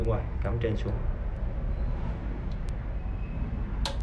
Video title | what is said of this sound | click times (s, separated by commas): TDM.VN - Hướng dẫn cách vệ sinh bộ xả bồn cầu Toto bàn cầu 1 khối van xả van cấp khi bị chảy nước | nghe cái tách ha. | 3.9 s